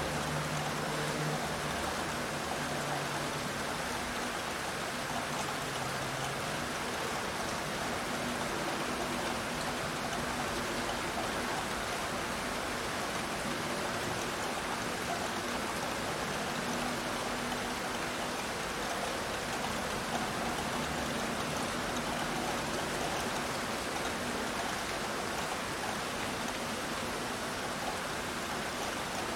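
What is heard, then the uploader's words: Rain falls steadily and densely, a constant hiss that stays at the same level from start to finish. Faint low hums drift in and out beneath it, especially in the first few seconds, while the bright rushing wash never changes. Raining Sounds for Sleeping Soft ASMR.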